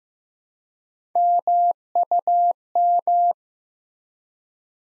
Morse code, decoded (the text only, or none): MUM